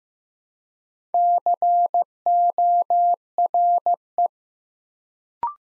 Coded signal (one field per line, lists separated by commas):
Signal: Morse code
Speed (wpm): 15 wpm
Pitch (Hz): 700 Hz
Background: none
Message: CORE